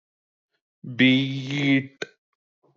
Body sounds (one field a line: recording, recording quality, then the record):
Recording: sustained vowel as in beet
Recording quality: excellent, no background noise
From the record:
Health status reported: respiratory illness, not identified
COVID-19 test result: negative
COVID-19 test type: RT-PCR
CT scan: not taken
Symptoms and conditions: cold, sore throat, fatigue, asthma, another condition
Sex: male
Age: 25 years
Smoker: no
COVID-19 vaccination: none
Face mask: not worn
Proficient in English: yes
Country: India